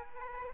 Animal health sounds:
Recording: mosquito wingbeat signal from an infrared sensor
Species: Aedes aegypti

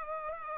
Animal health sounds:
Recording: mosquito wingbeat signal from an infrared sensor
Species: Culex pipiens

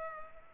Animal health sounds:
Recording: mosquito wingbeat signal from an infrared sensor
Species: Culex pipiens

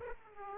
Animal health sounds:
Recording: mosquito wingbeat signal from an infrared sensor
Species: Aedes aegypti

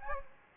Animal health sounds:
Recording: mosquito wingbeat signal from an infrared sensor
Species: Anopheles gambiae

